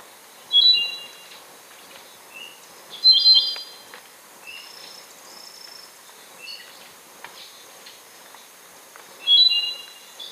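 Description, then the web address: Andean solitaire song: slow, unhurried series of high, pure whistled notes and short ringing phrases, separated by pauses, with a faint hiss of background noise. Recorded in Ecuador. "Birds of Ecuador. Andean Solitaire"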